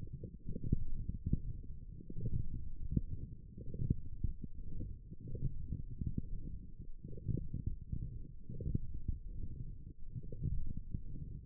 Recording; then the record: forearm muscle sounds (acoustic myography)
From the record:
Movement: forearm pronation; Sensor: system 1, eight BSWA MPA416 microphones around the upper forearm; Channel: 4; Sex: male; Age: 23 years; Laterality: right